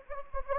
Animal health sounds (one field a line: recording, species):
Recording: mosquito wingbeat signal from an infrared sensor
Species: Anopheles gambiae